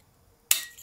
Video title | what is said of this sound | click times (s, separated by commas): HOW TO CHANGE FORK OIL SEALS SHOWA SFF FORK. FORK REBUILD AND FULL SERVICE MAINTENANCE. | You must hear a click when the circlip installs into his place in the groove. | 0.5 s